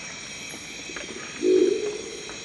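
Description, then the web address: Crested owl call: a single deep, rough, growling note against constant hissing background noise. "Crested owl. صدای-جغد-کاکلی"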